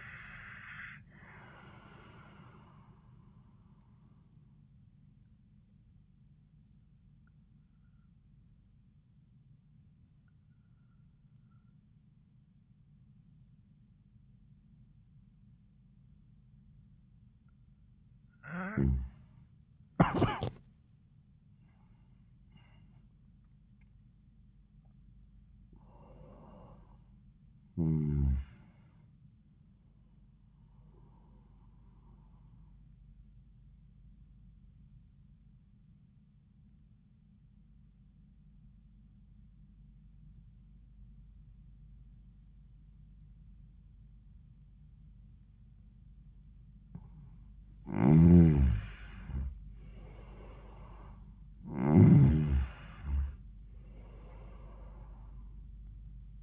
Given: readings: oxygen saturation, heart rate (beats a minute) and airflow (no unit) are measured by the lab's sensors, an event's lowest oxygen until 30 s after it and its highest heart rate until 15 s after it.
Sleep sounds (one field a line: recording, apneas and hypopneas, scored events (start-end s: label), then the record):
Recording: breathing in sleep by a smartphone at the bedside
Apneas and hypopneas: 2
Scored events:
8.00-21.70 s: hypopnea (N1, oxygen 94% highest, then 92% lowest, heart rate 87 at the start, 99 highest)
34.00-48.60 s: obstructive apnea (N1, oxygen 95% highest, then 87% lowest, heart rate 79 at the start, 93 highest)
From the record:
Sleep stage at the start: N1 (lightest sleep)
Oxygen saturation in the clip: 85 to 96%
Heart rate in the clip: 78 to 99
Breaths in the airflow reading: 8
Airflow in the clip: -20.5 to 24.7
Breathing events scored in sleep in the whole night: 400 in 8.7 hours asleep